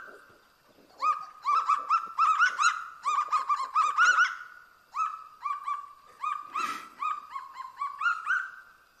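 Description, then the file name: Kagu song: a long run of harsh, yelping barks, each note rising sharply and then levelling off, delivered rapidly at first, then in slower, evenly spaced bursts. "canto do kagu da planicie"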